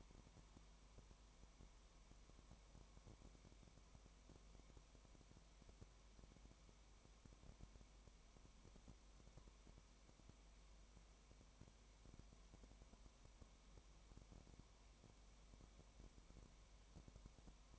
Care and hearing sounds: daily activity, microphone in the room; no activity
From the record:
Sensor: 1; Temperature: 19.0 degrees Celsius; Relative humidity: 34.1%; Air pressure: 1001.3 hPa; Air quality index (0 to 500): 82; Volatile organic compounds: 1 ppm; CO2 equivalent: 822 ppm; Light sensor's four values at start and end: 1/2/1/1 and 1/2/1/1

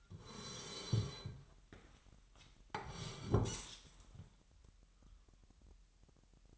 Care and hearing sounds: daily activity, microphone in the room; sit down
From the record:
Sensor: 3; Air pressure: 998.5 hPa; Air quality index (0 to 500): 127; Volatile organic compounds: 3 ppm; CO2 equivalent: 1516 ppm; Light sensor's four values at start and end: 10/21/9/10 and 8/19/8/8

